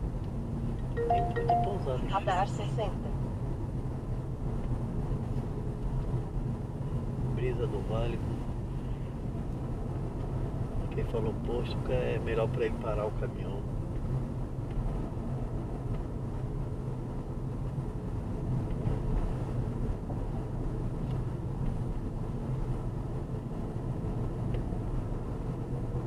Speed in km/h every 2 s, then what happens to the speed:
34, 34, 37, 34, 35, 36, 35, 37, 37, 40, 38, 40, 43.
0-26 steady at about 37.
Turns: none.